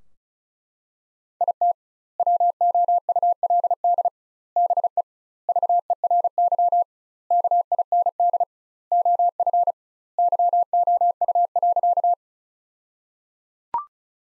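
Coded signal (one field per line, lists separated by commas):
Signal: Morse code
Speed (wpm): 34 wpm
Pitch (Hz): 700 Hz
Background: none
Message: IT WOULD BE VERY KIND OF YOU.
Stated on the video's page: Morse practice sentences built from the 200 most common words, sent at 35 wpm with double word spacing, a word-level analogue of Farnsworth spacing.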